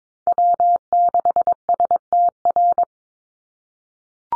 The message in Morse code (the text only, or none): W6STR